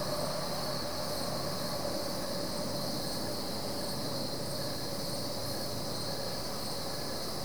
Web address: BBC Sound Effects Library - (America) Goldens Bridge, NY State - crickets at night